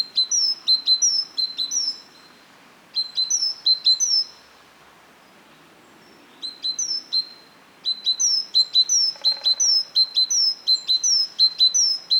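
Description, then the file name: Great tit calling in bursts of high, sharp notes repeated in quick runs with short pauses; a brief lower rasp partway through, otherwise quiet background. "Parus major"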